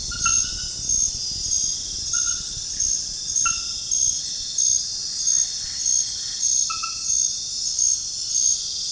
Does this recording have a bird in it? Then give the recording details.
no. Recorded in pastures near Puerto Asís, Putumayo, Colombia, on 29 June 2025 at 21:00. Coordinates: 0.466, -76.322. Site GP07